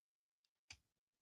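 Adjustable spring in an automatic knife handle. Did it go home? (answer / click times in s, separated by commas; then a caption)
yes / 0.7 s. While converting a folding knife from manual to automatic, the screw is backed off and the adjustable spring assembly in the knife handle is rotated until it drops into its notch. After a faint tick near 0.4 seconds, one sharp pop sounds at 0.7 seconds as the spring detent seats into place.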